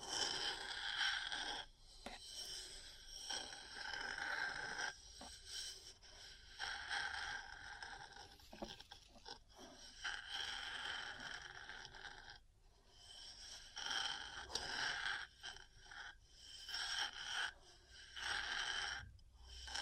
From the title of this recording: Metal Parts Tapping & Scratching